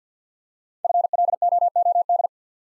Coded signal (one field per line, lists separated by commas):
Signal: Morse code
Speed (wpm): 48 wpm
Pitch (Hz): 700 Hz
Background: none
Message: FLOOD